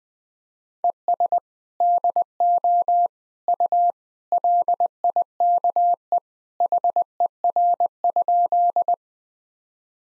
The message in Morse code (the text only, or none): ES DO U LIKE HER?